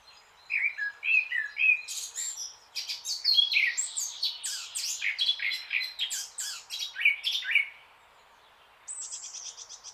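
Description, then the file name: Eurasian blackcap song: short whistled notes leading into a hurried, scratchy chattering warble, then a pause and a brief high buzzy trill. "Sylvia atricapilla"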